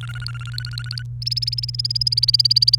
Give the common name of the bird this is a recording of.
Domestic Canary